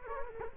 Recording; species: mosquito wingbeat signal from an infrared sensor; Culex quinquefasciatus